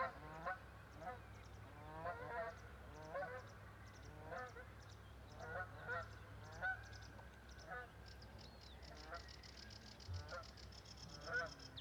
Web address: cantos gansocanadiense